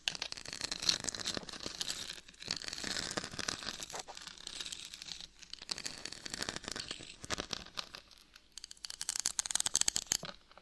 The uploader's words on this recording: ASMR Brain Melting Scratching (No Talking).